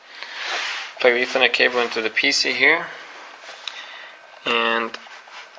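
A plastic RJ45 ethernet cable plug is handled at a PC's network port while someone talks, with a few faint handling ticks. The clip ends before the plug goes home; nothing has seated or clicked yet.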